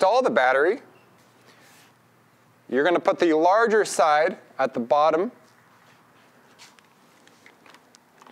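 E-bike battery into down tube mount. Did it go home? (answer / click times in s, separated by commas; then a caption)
no / none. Someone talks while an e-bike battery for a Trek E-Caliber is lined up with its larger side at the bottom and positioned in the down tube mount frame before being pulled in to lock. After the talking, faint small handling ticks follow from about 6.8 to 8.2 s. Nothing has seated or clicked yet.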